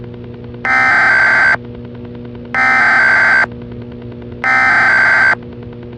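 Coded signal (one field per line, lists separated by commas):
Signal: Emergency Alert System (SAME) tones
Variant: header bursts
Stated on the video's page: Mock EAS alert with valid tones.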